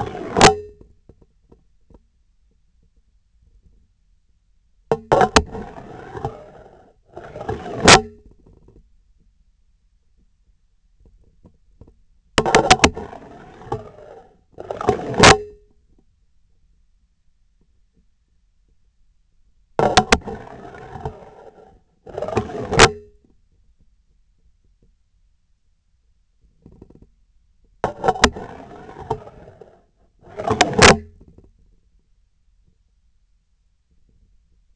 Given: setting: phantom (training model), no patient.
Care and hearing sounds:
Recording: laparoscopic instrument, vibration sensor on the handle end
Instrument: scissors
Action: insertion and removal through the trocar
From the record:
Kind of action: spatial motion

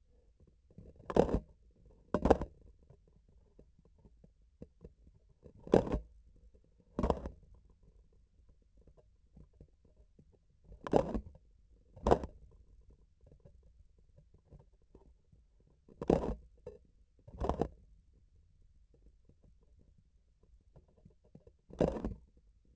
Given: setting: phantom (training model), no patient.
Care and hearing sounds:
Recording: laparoscopic instrument, vibration sensor on the handle end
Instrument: grasping forceps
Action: opening and closing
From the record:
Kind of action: tool actuation without material contact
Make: other than Olympus

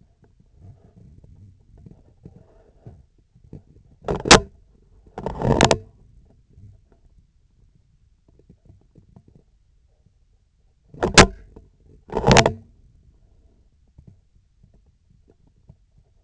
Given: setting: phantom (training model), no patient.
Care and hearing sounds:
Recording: laparoscopic instrument, vibration sensor on the handle end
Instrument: scissors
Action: opening and closing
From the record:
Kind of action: tool actuation without material contact

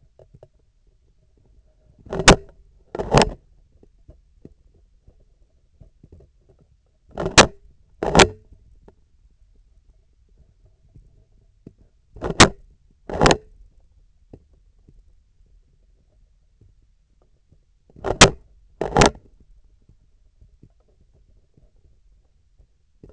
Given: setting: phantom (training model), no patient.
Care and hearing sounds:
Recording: laparoscopic instrument, vibration sensor on the handle end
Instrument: scissors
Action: opening and closing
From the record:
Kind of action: tool actuation without material contact

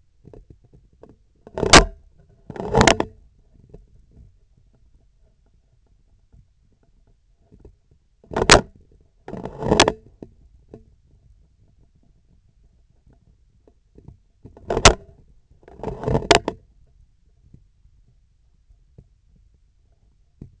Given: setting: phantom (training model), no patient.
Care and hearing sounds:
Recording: laparoscopic instrument, vibration sensor on the handle end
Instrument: scissors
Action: opening and closing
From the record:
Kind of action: tool actuation without material contact

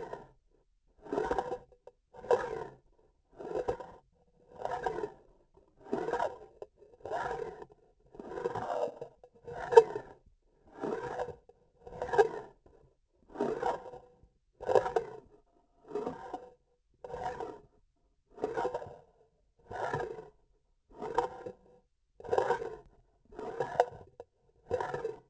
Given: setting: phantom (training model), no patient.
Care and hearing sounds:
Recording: laparoscopic instrument, vibration sensor on the handle end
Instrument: grasping forceps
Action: approaching and retracting movements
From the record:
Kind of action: spatial motion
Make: Olympus

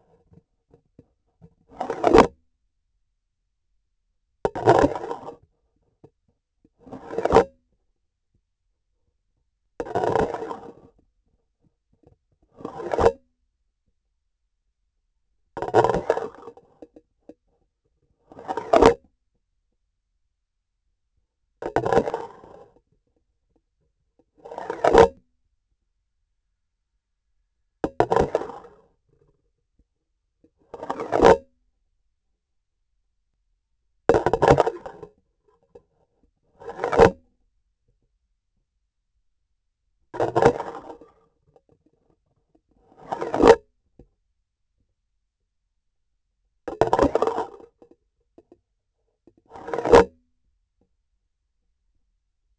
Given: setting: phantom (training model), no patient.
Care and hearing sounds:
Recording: laparoscopic instrument, vibration sensor on the handle end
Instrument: grasping forceps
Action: insertion and removal through the trocar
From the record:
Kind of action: spatial motion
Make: Olympus

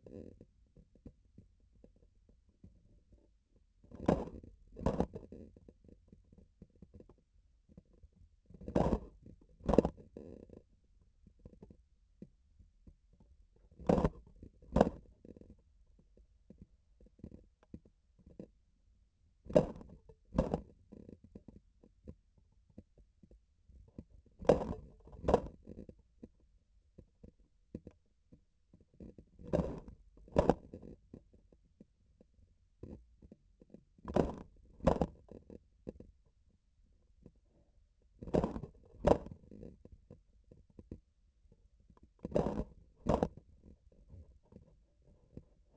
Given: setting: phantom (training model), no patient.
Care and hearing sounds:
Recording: laparoscopic instrument, vibration sensor on the handle end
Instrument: grasping forceps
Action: opening and closing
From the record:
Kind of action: tool actuation without material contact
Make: other than Olympus

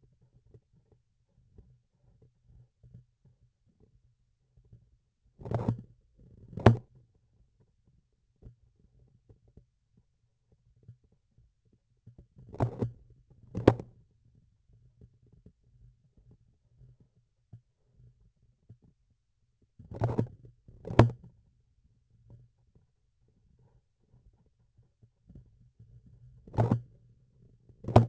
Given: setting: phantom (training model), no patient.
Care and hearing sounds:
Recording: laparoscopic instrument, vibration sensor on the handle end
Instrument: grasping forceps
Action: opening and closing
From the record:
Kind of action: tool actuation without material contact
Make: other than Olympus

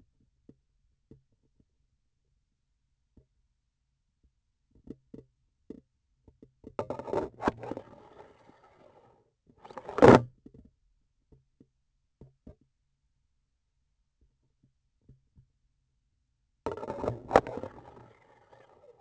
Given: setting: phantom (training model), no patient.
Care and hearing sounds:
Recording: laparoscopic instrument, vibration sensor on the handle end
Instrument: grasping forceps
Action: insertion and removal through the trocar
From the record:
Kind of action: spatial motion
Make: other than Olympus

